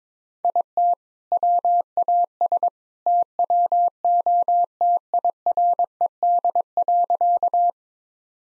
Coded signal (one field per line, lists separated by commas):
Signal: Morse code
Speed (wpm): 22 wpm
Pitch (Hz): 700 Hz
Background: none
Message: IT WAS TWO TIRED.